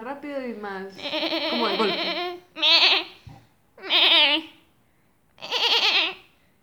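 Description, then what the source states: Goat bleating, short wavering notes running into one long bleat, followed by three shorter, tremulous, nasal bleats. Young female goat.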